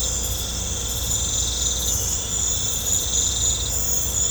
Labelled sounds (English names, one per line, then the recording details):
none
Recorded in pastures near Puerto Asís, Putumayo, Colombia, on 16 December 2024 at 19:30
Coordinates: 0.502, -76.324
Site G077